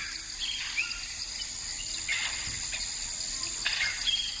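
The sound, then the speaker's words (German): Mangrove swamp ambience, recorded waist-deep in the water: a steady, high insect drone with scattered bird chirps and calls over it, and a faint trickle of water underneath. “In den Mangroven bis zum Bauch im Wasser.”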